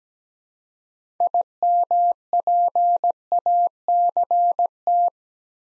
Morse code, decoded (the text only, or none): IMPACT